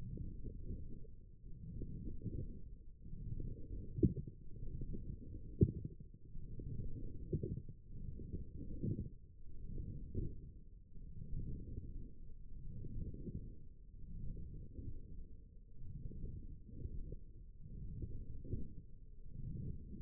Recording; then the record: forearm muscle sounds (acoustic myography)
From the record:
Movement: forearm pronation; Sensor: system 1, eight BSWA MPA416 microphones around the upper forearm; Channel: 1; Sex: female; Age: 21 years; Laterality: right